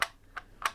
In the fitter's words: And actually, this feels really sturdy. It sort of clicks into place.